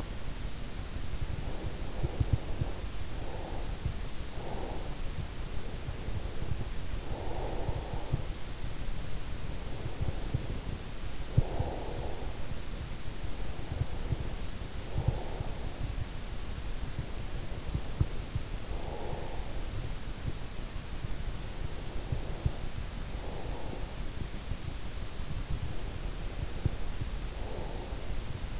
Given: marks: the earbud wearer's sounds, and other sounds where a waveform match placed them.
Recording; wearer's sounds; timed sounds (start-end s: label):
sounds in sleep by an in-ear microphone; breath
0.60-8.60 s: breath
9.60-12.60 s: breath
13.60-15.60 s: breath
16.60-19.60 s: breath
21.60-24.60 s: breath
25.60-28.60 s: breath